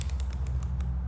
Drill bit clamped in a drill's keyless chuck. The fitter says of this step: you hear that clicking all those clicks